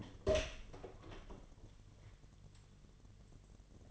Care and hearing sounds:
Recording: daily activity, microphone in the room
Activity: open door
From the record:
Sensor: 4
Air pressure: 1008.1 hPa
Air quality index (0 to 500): 182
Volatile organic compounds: 5 ppm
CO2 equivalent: 1822 ppm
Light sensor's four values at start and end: 23/74/28/27 and 23/72/27/26

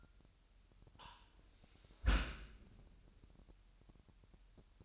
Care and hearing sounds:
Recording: daily activity, microphone in the room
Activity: close dishwasher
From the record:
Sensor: 2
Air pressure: 998.3 hPa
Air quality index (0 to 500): 146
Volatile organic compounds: 4 ppm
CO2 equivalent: 1660 ppm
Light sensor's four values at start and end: 10/31/12/12 and 10/31/12/12

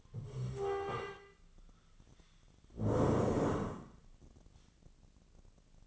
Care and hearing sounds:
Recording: daily activity, microphone in the room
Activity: stand up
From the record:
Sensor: 4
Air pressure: 1013.2 hPa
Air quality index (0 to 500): 174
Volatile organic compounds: 2 ppm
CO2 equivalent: 1096 ppm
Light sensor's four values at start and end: 52/129/54/58 and 52/128/54/58

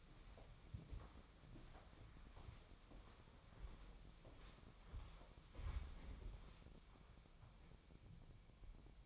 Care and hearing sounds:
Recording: daily activity, microphone in the room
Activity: walk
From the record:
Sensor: 1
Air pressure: 1015.3 hPa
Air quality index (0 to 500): 128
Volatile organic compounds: 5 ppm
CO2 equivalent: 1763 ppm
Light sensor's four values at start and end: 13/31/13/14 and 12/30/12/14

